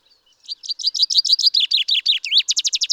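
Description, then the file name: Common chaffinch singing a loud strophe, a rattling series of downward-sweeping notes that carries on to the end. "Fringilla coelebs"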